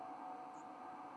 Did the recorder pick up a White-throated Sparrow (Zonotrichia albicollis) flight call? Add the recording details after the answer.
no. Another species' flight call is heard. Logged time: 03:24 on 31 October 2014